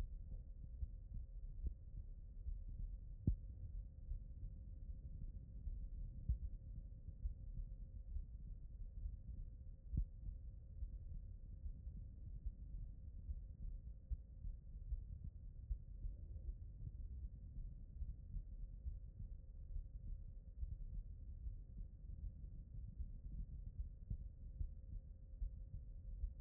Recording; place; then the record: heart sounds by stethoscope; pulmonary valve (PV)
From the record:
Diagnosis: non-HFrEF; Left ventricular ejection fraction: 55%